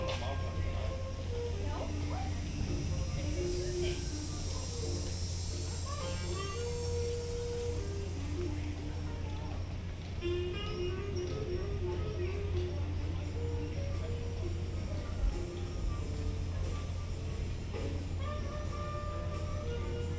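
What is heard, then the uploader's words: Voices murmur and chatter through a lobby and gift shop by the river, never stopping over the full twenty seconds. A steady low hum runs underneath the whole time. Short bright clinks and tones come and go, and the level stays even throughout. Port Orleans Riverside Binaural Hotel Lobby Ambience. The lobby, the gift shop and the port side just by the river.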